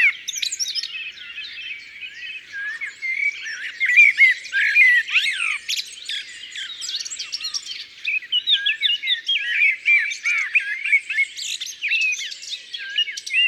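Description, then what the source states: Common blackbird song, a busy run of warbled and squeaky phrases with twittering notes, continuous throughout with short dips between bursts. Ardèche.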